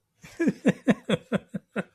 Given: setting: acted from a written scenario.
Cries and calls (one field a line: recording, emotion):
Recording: vocal sound without words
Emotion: amusement